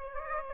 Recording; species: mosquito wingbeat signal from an infrared sensor; Aedes aegypti